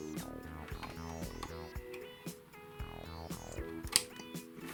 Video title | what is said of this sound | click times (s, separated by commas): How to Replace a Plug End On A Hi Fi System (DIY Guide) - The Soundtracker | there we go i heard a click and it's pretty solid on there | 4.0 s